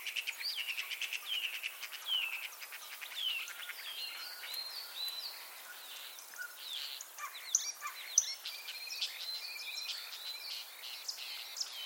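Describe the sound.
Common starling chatter, a busy mix of whistles, rattles and clicking notes over constant background hiss.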